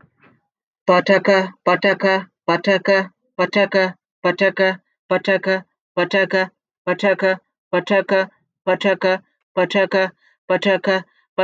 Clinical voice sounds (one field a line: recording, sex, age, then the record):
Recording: repeated syllables /pa ta ka/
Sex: male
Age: 30 to 39 years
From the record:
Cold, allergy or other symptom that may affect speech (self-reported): no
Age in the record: 34 years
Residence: New York, United States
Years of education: 16